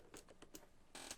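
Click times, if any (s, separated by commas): none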